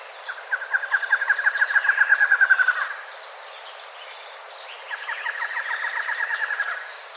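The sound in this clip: Bird call as two rapid trills of bright repeated notes, the first louder and swelling, the second after a short pause, with a steady high whine.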